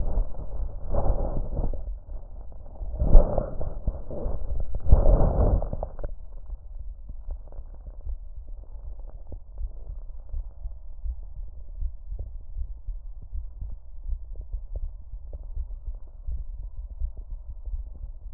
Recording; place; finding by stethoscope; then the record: heart sounds by stethoscope; tricuspid valve (TV); normal heart sounds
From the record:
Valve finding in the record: tricuspid regurgitation, grade 0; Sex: female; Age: 43 years